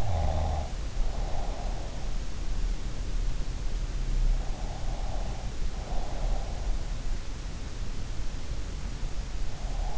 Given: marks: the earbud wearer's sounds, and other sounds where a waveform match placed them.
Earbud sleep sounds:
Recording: sounds in sleep by an in-ear microphone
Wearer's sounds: snoring breath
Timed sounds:
0.00-1.72 s: snoring breath

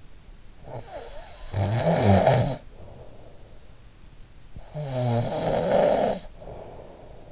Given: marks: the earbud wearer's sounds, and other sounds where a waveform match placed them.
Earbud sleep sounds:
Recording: sounds in sleep by an in-ear microphone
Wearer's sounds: snoring breath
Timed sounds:
0.12-3.38 s: snoring breath
4.18-7.32 s: snoring breath

